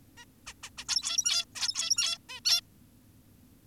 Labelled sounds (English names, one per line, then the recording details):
Zebra Finch
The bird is an adult
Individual g17y2U